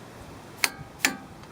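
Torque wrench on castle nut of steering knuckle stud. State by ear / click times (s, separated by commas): torque reached / 0.6 s, 1.1 s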